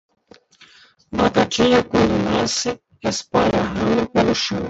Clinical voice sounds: short text; Brazilian Portuguese; male; 50 to 59 years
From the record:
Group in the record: control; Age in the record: 50 years

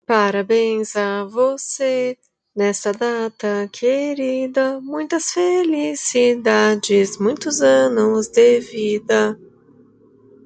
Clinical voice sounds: short text; Brazilian Portuguese; female; 30 to 39 years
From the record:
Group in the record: control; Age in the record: 31 years

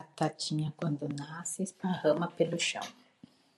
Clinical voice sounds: short text; Brazilian Portuguese; female; 50 to 59 years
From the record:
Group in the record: control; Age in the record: 51 years

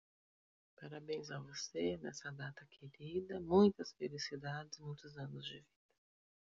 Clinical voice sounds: short text; Brazilian Portuguese; female; 50 to 59 years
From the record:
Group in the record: control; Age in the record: 52 years

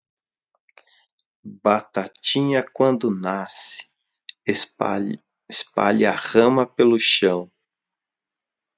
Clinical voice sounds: short text; Brazilian Portuguese; male; 50 to 59 years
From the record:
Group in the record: control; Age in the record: 51 years

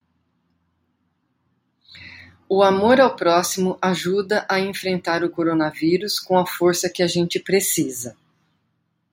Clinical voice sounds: spoken sentence; Brazilian Portuguese; female; 50 to 59 years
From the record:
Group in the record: control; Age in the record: 51 years

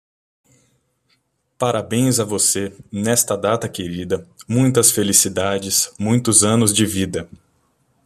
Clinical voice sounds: short text; Brazilian Portuguese; male; 20 to 29 years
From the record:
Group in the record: control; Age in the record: 28 years

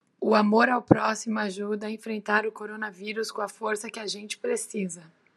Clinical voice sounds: spoken sentence; Brazilian Portuguese; female; 40 to 49 years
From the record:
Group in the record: control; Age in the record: 42 years

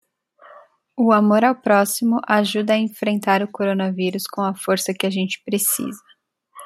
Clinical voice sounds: spoken sentence; Brazilian Portuguese; female; 30 to 39 years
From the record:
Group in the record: control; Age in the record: 31 years

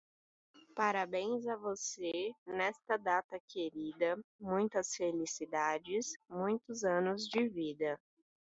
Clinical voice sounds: short text; Brazilian Portuguese; female; 20 to 29 years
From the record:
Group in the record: control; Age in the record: 22 years

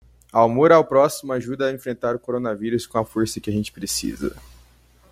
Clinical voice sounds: spoken sentence; Brazilian Portuguese; male; 20 to 29 years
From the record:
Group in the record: control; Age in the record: 21 years

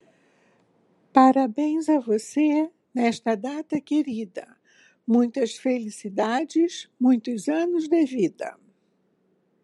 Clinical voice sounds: short text; Brazilian Portuguese; female; 70 to 79 years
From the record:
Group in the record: control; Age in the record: 73 years

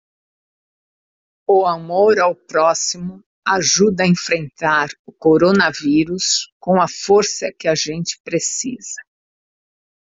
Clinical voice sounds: spoken sentence; Brazilian Portuguese; female; 60 to 69 years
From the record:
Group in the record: control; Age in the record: 60 years

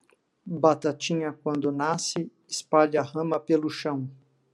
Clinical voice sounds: short text; Brazilian Portuguese; male; 50 to 59 years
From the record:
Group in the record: control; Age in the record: 50 years

